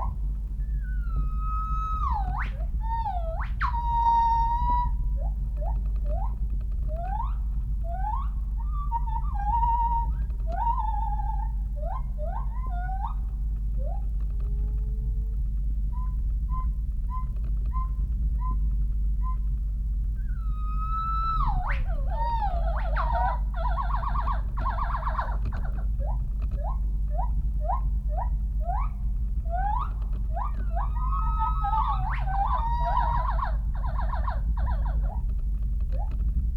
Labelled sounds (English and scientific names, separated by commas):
Northern White-cheeked Gibbon (Nomascus leucogenys)